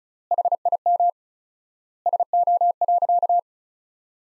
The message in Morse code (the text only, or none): HIM SO.